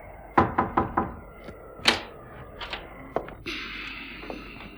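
Four quick knocks on a door, then a heavier thump and a few scattered clicks, like a latch working, before the innkeeper opens the door of the inn's sitting room into a steady, hissing whoosh. No one speaks.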